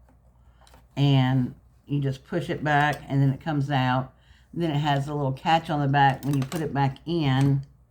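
A small removable plastic insert is handled at its holder on a plastic organizer item from Dollar Tree while someone talks. Two faint ticks come near the start, at 0.1 s and 0.7 s. Nothing has seated or clicked yet; the insert, which has a catch on its back that hooks underneath to lock it in place, is not yet home.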